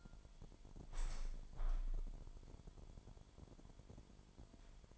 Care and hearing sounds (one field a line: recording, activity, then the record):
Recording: daily activity, microphone in the room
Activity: open window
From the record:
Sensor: 5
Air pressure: 998.7 hPa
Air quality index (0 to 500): 99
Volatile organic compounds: 2 ppm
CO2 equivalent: 1140 ppm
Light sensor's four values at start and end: 33/80/33/37 and 33/80/33/37